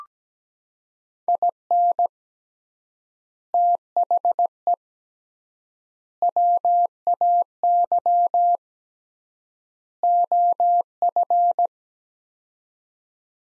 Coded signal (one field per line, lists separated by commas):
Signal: Morse code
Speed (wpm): 17 wpm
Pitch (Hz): 700 Hz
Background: none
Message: IN THE WAY OF